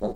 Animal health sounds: pig call; piglet (1 to 25 days)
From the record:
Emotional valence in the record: negative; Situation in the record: long isolation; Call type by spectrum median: low-frequency call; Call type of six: low-frequency stable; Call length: 0.16 s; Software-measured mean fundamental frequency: 52 Hz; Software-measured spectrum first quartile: 233 Hz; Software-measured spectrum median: 419 Hz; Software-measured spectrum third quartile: 573 Hz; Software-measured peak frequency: 528 Hz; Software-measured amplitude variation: 141 dB a second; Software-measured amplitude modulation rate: 3.1 a second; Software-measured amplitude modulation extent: 45.2 dB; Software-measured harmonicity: 0.7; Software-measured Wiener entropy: -0.44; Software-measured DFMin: 1783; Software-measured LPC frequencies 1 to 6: 501, 3928, 5735, 6275, 7316, 8297 Hz

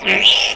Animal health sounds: pig call; piglet (1 to 25 days)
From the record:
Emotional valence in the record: negative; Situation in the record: crushing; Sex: female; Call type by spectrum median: high-frequency call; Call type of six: mixed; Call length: 0.56 s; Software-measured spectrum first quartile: 2158 Hz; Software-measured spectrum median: 2858 Hz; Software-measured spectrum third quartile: 3362 Hz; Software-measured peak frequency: 2939 Hz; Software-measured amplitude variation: 145 dB a second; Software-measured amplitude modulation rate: 20.4 a second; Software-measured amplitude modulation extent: 7.1 dB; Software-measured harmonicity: 5.5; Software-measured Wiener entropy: -1.88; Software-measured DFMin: 781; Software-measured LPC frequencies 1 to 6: 641, 2366, 2931, 3448, 5378, 7707 Hz

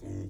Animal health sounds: pig call; weaner (32 to 43 days)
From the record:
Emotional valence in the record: negative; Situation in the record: negative conditioning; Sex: female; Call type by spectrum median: low-frequency call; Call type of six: low-frequency stable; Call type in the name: low-frequency stable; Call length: 0.30 s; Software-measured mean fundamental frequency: 49 Hz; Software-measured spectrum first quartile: 96 Hz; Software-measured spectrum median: 198 Hz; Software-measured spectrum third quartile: 362 Hz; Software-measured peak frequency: 301 Hz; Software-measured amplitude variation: 97 dB a second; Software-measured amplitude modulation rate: 25.0 a second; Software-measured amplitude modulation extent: 3.9 dB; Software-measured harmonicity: -4.3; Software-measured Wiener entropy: 0.03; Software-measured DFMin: 1034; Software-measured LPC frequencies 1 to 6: 314, 1945, 2655, 3444, 4515, 6192 Hz

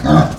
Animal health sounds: pig call; growing-finishing pig (85 days or more)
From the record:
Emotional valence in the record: positive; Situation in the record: run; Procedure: transit

